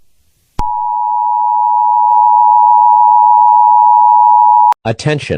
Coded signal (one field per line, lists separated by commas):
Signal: Emergency Alert System (SAME) tones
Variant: 853 and 960 Hz attention tone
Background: speech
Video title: TVOKids Shorts: Not The Emergency Alert System Again